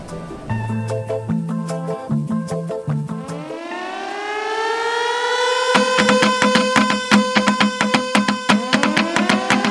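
A siren wails upward in a long, steadily rising tone, layered over a driving rhythmic beat with sharp percussive hits, after a short bass-heavy musical intro.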